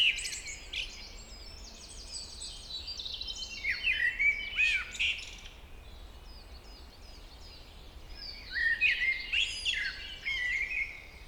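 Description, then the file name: Common blackbird singing: high twitters at the start, then two phrases of warbled notes running into high twittering, separated by a quieter gap. "Turdus merula"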